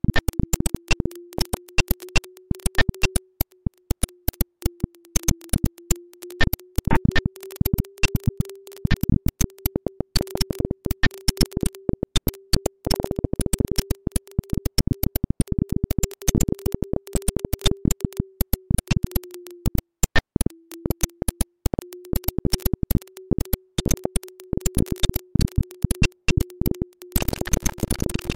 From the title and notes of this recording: Glitch sounds with grain durations calculated according to a fractal system. All sounds are created and performed live in SuperCollider.